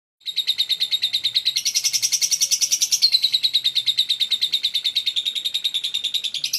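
Lovebird giving a fast run of shrill, squeaky chirps, briefly rising higher midway and then dropping back, steady throughout.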